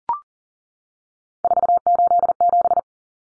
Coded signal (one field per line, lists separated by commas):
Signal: Morse code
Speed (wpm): 40 wpm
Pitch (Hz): 700 Hz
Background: none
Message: 487